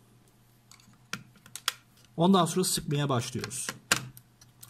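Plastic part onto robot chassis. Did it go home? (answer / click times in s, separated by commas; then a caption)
yes / 3.9 s. A plastic part is pressed down onto a Makeblock mBot 2.4G robot chassis, on top of the motor and cable assembly, before screwing. Light clicks and taps are heard early on, then someone talks, and a sharp click at 3.9 s marks the part seating into place.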